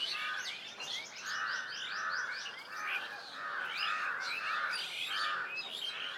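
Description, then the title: Birds calling together: a lower rounded note repeated several times under a busy layer of quick high chirps and twitters. Birds at medium distance in a village ambience. "GameAudioGDC. AMBIENCE Birds Medium Distant Village and People"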